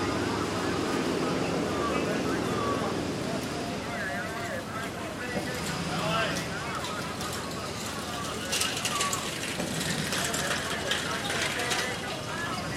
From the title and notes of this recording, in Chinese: Hong Kong-and its three wet markets。這段聲音是在街市旁馬路中心位置採集的，捕捉到小販熟練而忙碌的叫賣聲。